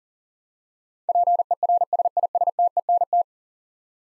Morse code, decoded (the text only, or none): PERSISTENT